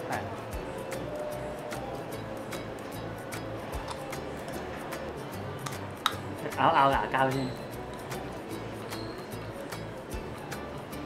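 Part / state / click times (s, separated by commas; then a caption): clear plastic aligner tray onto teeth / not seated / none. A clear plastic aligner tray is being pressed onto the teeth by biting on a chewie while someone talks over background music. A brief sharp tick near 6.1 s is followed by a louder burst of sound around 6.6–7.3 s. Nothing has seated or clicked into place yet.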